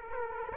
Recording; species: mosquito wingbeat signal from an infrared sensor; Aedes aegypti